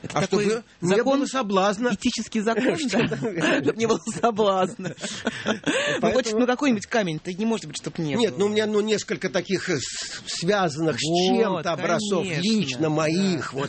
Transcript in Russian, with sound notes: А чтобы не было соблазна.
Этический закон, да?: (Хохочет) не было бы соблазна! Ну, какой-нибудь камень-то, не может быть, чтобы не было.
Нет, ну у меня несколько таких связанных с чем-то образцов, лично моих,